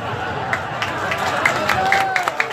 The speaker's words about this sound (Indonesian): Gak usah saya terus kalau sudah tepuk tangan begini. Malas saya.